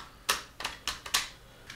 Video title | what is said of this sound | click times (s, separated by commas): nerozbitný dron ?! unboxing GearBest | Tak, zacvakneme, máme cvaknuto, rozložíme drona. | 1.2 s